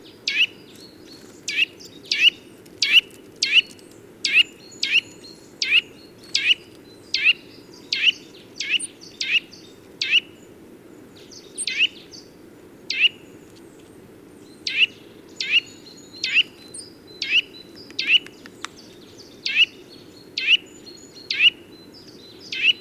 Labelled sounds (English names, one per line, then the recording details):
Eurasian Nuthatch call
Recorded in the wild
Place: Stubnitz, Insel Rügen, Mecklenburg-Vorpommern, DE
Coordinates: 54.516, 13.633
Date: 1975-02-15
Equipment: Nagra III BH, Sennheiser MD 21, parabola
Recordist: Schubert, Michael